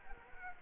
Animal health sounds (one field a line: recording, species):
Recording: mosquito wingbeat signal from an infrared sensor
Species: Anopheles arabiensis